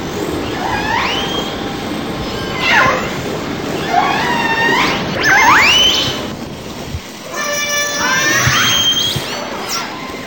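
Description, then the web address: Orca pulsed calls, several upswept harmonic squeals with a bright whistle among them over a hissing background. Orcas recorded in Antarctica. "Antarctia orka Orca sounds"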